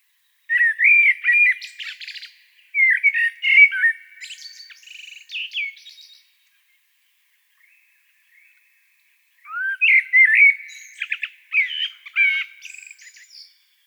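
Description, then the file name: Common blackbird singing two phrases, each a low mellow fluted warble that breaks into a high squeaky twitter, with a few quiet seconds between phrases. "Turdus merula"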